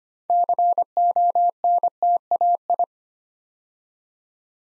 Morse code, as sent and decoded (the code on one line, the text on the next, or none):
-.-. --- -. - .- ..
CONTAI